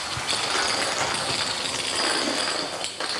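A steady, rattling engine drone from fire trucks being driven indoors, holding an even level for the whole stretch with a faint metallic clink now and then and no voices.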